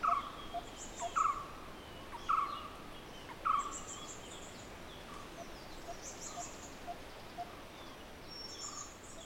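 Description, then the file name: Barbet call: a short hooting note repeated about once a second, fading after four notes, with thin high chirps from other birds and a steady background hiss. "Barbets Grey Wag"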